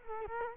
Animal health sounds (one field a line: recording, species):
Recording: mosquito wingbeat signal from an infrared sensor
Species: Culex quinquefasciatus